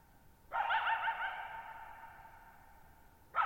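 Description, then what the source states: Coyote with a drawn-out wavering bark-howl that rings and decays for nearly three seconds, then another bark begins. Lone coyote at night, July 14, 2019, Thirtymile Meadows, Okanogan National Forest, 6400 ft (1950 m); shallow bowl-shaped meadow on a high, dry plateau forming a natural amphitheater.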